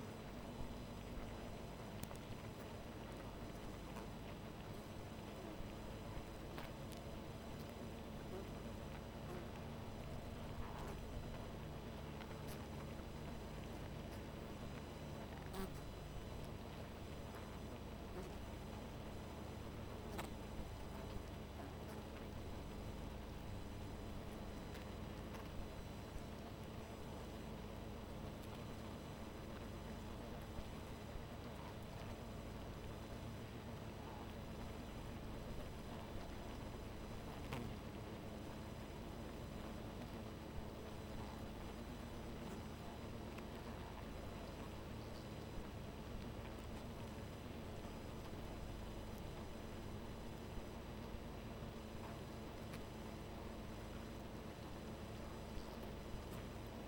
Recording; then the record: honeybee colony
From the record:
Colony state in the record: missing queen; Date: 14 July 2017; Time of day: 1:28